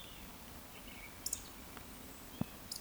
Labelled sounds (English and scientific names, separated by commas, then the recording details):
Eurasian Woodcock (Scolopax rusticola) whistle
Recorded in Baden-Württemberg, Germany, on 14 June 2020 at 19:57 UTC
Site 14569, 102 m above sea level